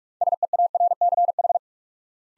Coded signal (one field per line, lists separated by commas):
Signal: Morse code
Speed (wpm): 44 wpm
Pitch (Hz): 700 Hz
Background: none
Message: SEARCH